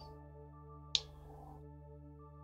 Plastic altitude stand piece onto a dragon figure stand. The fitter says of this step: and holes in so they can uh lock into place